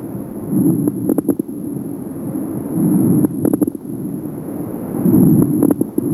Low-pitched crackles. Crackles are due to the sudden opening of very small airways.